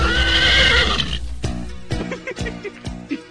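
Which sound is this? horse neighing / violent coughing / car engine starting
horse neighing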